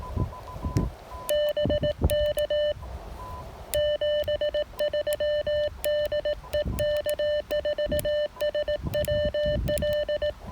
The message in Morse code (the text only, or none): BK 73 DE K4SWL